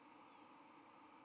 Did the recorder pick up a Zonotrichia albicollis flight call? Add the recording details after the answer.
no. Another species' flight call is heard. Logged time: 07:04 on 31 October 2014